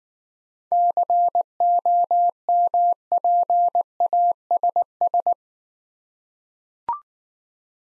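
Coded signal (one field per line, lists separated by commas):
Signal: Morse code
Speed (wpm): 19 wpm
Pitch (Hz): 700 Hz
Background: none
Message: COMPASS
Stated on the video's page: Morse practice drill of difficult words at 15 wpm, with contextual hints.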